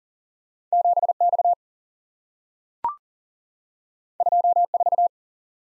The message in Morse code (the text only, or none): 7X 24